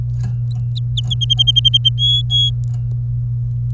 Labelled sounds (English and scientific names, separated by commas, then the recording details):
Domestic Canary (Serinus canaria) song
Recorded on 24 April 2018 at 12:13
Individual llb3